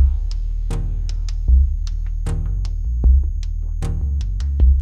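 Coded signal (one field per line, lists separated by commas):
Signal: none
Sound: synthesizer music beeps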